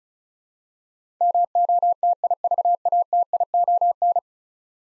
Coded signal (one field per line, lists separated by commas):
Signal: Morse code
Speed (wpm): 36 wpm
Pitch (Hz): 700 Hz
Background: none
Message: MOTIVATION